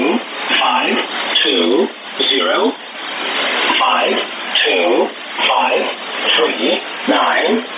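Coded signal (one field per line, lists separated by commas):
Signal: numbers station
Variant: E07a English Man, English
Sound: a male voice reading short, evenly spaced words over steady radio hiss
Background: radio static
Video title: 21 02 2019 E07a English Man numbers station in English to Eu 0554 on 5811 unknown tx site USB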